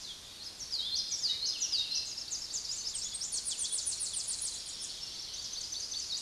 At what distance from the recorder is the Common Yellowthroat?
about 15 m